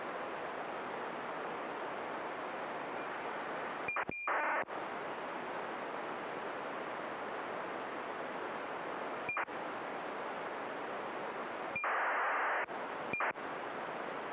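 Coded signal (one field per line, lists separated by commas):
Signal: ACARS aircraft data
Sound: steady hiss with four short squelch bursts, each a brief tone then buzzy warble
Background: radio static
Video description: Using the free program Acarsd 1.65 to decode acars messages sent to and from airplanes around Oslo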